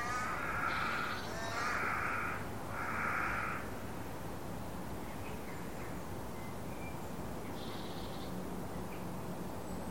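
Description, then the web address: Bird calls: three harsh, hoarse caws about a second apart, followed by steady background hiss with a few faint notes. "Deverinetal 2025 File origin Bird Only"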